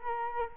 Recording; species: mosquito wingbeat signal from an infrared sensor; Culex quinquefasciatus